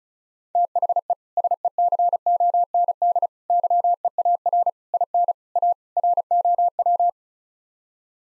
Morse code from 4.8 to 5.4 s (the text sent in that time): IN